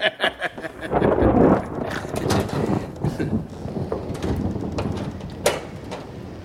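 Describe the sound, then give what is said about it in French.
Steady, dense rain hisses throughout while a low thunder rumble swells early on, with scattered sharp cracks and knocks breaking through, one louder snap near the end. “Oh, vous allez partir par ce temps-là, vous pourriez coucher ici. Ah, mais vous, j'ai pas peur du tonnerre.”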